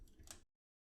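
Plastic tabs on a Studio Series 86 Ultra Magnus transforming action figure are pushed together, which can be a little stubborn the first time. Soft plastic handling noise leads into a small, sharp click at 0.3 s, and the sound falls to silence by about 0.5 s. The tabs snap together and seat.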